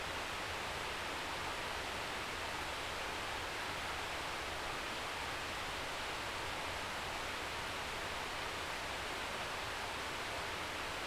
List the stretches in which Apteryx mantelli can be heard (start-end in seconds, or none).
none